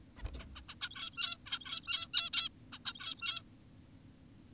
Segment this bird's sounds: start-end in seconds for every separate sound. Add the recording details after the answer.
0.18-0.23, 0.39-0.46, 0.56-0.61, 0.69-0.75, 0.82-1.37, 1.46-2.08, 2.14-2.30, 2.33-2.49, 2.73-2.79, 2.86-3.42. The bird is an adult. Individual g17y2U